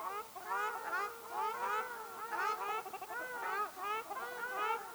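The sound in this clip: Ruddy shelduck honking, rapid overlapping nasal calls from several birds forming a continuous chatter.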